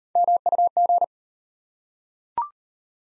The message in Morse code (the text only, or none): MUG